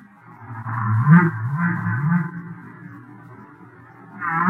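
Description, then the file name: Humpback whale song, low grumbling moans with rising and falling pitch and faint upper harmonics, ending in a brief louder rising unit. "humpseq"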